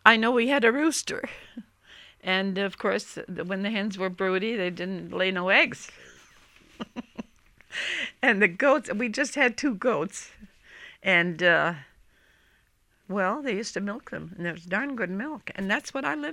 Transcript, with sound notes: I know we had a rooster, and of course when the hens were brooding they didn't lay no eggs. ( she laughs ) And the goats, we just had two goats, and, well, they used to milk them, and it was darn good milk, and that's what I lived on.